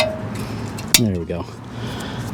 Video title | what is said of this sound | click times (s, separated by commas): 2000 - 2004 Toyota Avalon HOW TO REPLACE PRESS-IN FRONT WHEEL BEARING WITH HUB & BEARING PRESS TOOL | snaps right into place as long as you have the bearing seated properly you shouldn't have to fuss with that | 0.9 s